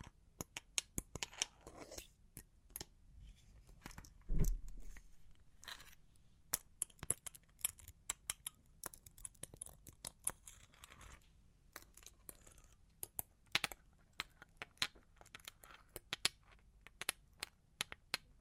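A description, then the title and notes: Long claws tap and scratch in quick, irregular bursts, each tap a sharp, bright click. Scratchy rustling fills the gaps between clusters, and a louder thump lands around four seconds. A low rumble runs faintly underneath throughout. Long Claws Tapping and Scratching (No Talking).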